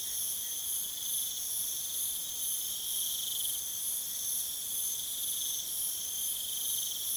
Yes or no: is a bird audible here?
no